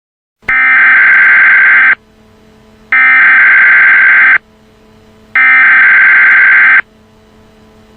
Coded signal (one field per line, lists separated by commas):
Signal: Emergency Alert System (SAME) tones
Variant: header bursts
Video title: EAS (mock)